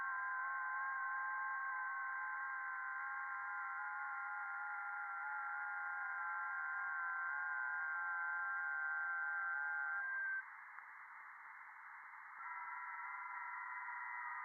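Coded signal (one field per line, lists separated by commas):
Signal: FT8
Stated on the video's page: Real over-the-air FT8 on HF via a 40m NVIS dipole, not SDR or simulation.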